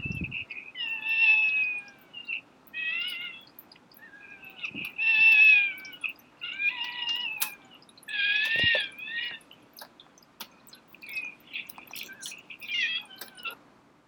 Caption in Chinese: 這是一種被稱為「貓哭症」的嬰兒哭聲。法語的意思是：哭泣的貓。 這是一種罕見疾病，由於喉嚨部位發育異常，影響孩子的哭聲，大約到兩歲就會比較正常了。